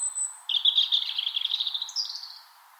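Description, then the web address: European robin song: a thin high whistle, then a rapid sweet trilling run that ends in a brief higher flourish, over soft background hiss. Song heard on spring mornings in Finland. "Punarinta lauri hallikainen. punarinnan laulu sulostuttaa kevataamuja"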